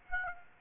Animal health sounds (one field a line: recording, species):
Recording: mosquito wingbeat signal from an infrared sensor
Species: Aedes aegypti